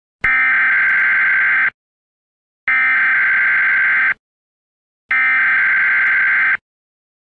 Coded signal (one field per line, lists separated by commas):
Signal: Emergency Alert System (SAME) tones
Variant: header bursts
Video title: Custom Purge EAS